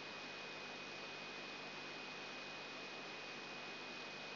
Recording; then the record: brain microelectrode recording played as sound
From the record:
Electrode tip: outside the subthalamic nucleus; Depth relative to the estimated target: -8 mm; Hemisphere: right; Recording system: AlphaMap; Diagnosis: Parkinson's disease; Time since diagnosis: 8 years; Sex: female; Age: 37 years